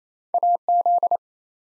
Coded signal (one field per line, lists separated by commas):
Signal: Morse code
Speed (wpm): 28 wpm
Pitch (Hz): 700 Hz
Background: none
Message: AZ